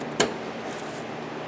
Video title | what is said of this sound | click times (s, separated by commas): How To Replace A Headlight | you push it until you hear it snap in. | 0.2 s